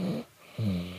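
Two low, buzzing, tonal snores from a young girl asleep lying on an adult, with a quiet pause between them; she may have a cold.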